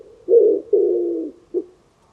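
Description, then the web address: Bird giving low, soft coos: a short note, then a longer drawn-out coo that sags slightly, ending with a brief clipped note. "cianscape. Deverinetal. Bird Only"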